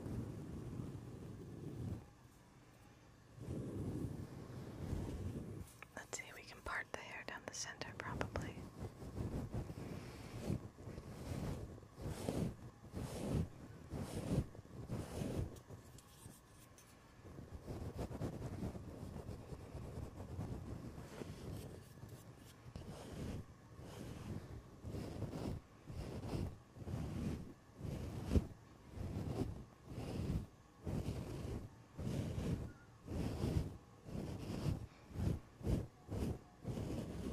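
A head and back scratcher rubs and scratches against the mic, producing dense, rumbling strokes with a low, muffled weight. Around six to eight seconds a brighter, raspier scrape stands out, and from the midpoint on the strokes settle into quick, regular back-and-forth bursts.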